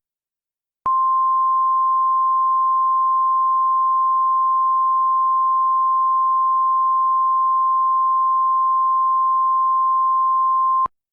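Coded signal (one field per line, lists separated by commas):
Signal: Emergency Alert System (SAME) tones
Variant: 1050 Hz attention tone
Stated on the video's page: Fictional EAS scenario simulating an alert for a school stabbing spree.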